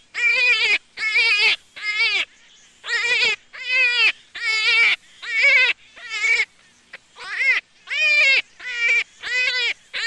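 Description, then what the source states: Jackrabbit uttering a long series of shrill, quavering squeals, each about half a second, spaced fairly evenly with one longer gap midway. Juvenile.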